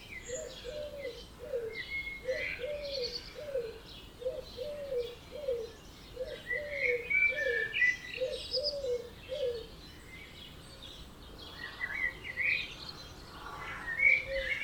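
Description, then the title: Birds in a dawn chorus, a low hooting note repeated rapidly in a long run while higher whistles and trills overlap above. Dawn chorus at 4am in Oberhofen, Inntal valley, Austria; binaural recording, best heard with headphones. "Birds Oberhofen Inntal Austria - 4am - binaural version"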